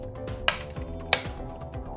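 A plastic fuselage panel of an X-Wing model kit is aligned and pressed firmly onto the structure so its pins snap in. Two sharp, small clicks ring out at 0.5 s and 1.1 s over a steady tonal background. The panel's pins are seated home.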